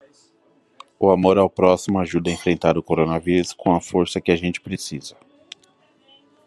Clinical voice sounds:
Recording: spoken sentence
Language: Brazilian Portuguese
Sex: male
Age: 30 to 39 years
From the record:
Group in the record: control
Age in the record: 35 years

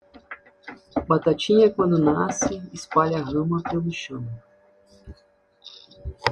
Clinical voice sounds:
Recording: short text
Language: Brazilian Portuguese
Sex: female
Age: 50 to 59 years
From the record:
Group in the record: control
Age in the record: 53 years

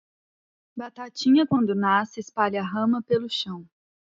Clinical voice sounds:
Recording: short text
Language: Brazilian Portuguese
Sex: female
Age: 30 to 39 years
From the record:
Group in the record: control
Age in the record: 30 years

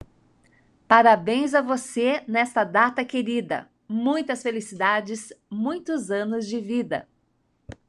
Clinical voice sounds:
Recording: short text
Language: Brazilian Portuguese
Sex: female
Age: 50 to 59 years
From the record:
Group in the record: control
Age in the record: 54 years

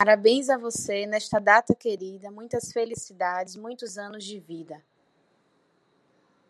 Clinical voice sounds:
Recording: short text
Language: Brazilian Portuguese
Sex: female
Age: 30 to 39 years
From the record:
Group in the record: control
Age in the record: 34 years

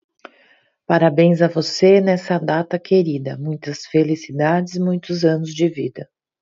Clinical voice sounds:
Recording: short text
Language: Brazilian Portuguese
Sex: female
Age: 40 to 49 years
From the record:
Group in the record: control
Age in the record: 46 years

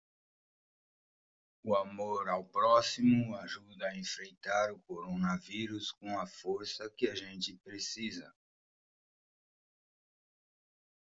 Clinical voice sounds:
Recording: spoken sentence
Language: Brazilian Portuguese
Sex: male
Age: 50 to 59 years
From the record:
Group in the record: control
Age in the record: 57 years

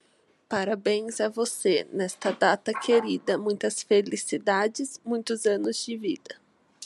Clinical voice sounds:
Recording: short text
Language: Brazilian Portuguese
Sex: female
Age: 20 to 29 years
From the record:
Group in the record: control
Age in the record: 24 years

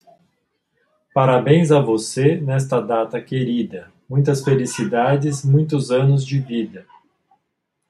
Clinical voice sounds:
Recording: short text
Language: Brazilian Portuguese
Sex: male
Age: 40 to 49 years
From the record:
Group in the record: control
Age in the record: 47 years

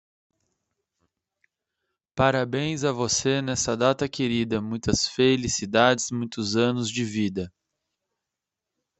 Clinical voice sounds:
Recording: short text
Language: Brazilian Portuguese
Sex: male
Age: 30 to 39 years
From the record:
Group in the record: control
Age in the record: 31 years

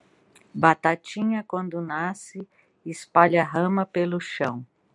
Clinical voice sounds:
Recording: short text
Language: Brazilian Portuguese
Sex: female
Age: 50 to 59 years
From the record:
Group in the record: control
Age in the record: 59 years

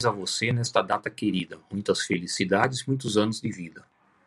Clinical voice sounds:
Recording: short text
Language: Brazilian Portuguese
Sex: male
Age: 50 to 59 years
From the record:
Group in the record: control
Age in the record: 58 years

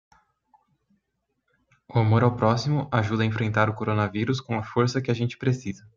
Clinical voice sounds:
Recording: spoken sentence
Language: Brazilian Portuguese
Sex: male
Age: 20 to 29 years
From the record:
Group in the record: control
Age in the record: 28 years

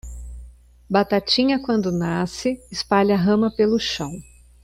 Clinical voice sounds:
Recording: short text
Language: Brazilian Portuguese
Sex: female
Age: 50 to 59 years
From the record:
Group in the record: control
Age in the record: 51 years

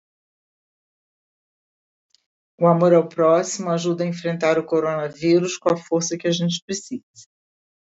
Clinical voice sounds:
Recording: spoken sentence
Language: Brazilian Portuguese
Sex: female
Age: 60 to 69 years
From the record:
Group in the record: control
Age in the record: 62 years

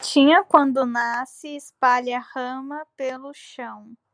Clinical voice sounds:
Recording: short text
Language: Brazilian Portuguese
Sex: female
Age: 20 to 29 years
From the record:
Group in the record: control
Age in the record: 23 years

